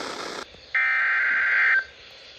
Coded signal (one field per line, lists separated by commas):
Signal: Emergency Alert System (SAME) tones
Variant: header bursts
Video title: EAS Alerts From 6/26/25: A Compilation (EAS 832-844)